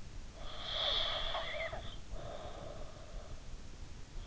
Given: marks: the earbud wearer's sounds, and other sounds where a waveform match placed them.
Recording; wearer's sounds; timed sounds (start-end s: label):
sounds in sleep by an in-ear microphone; snoring breath
0.40-3.51 s: snoring breath